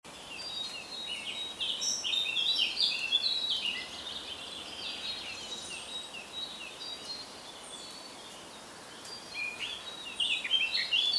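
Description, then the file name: Eurasian blackcap warbling in dense bursts of high, scratchy twittering notes, loudest early on, pausing briefly, then resuming toward the end over steady background hiss. "Sylvia atricapilla"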